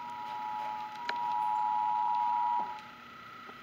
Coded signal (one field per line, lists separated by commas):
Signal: Emergency Alert System (SAME) tones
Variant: 853 and 960 Hz attention tone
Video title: FAILED Required Monthly Test on TV! (EAS #123)